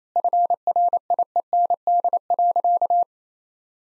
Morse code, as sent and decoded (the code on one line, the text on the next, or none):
..-. .-. .. . -. -.. .-.-.-
FRIEND.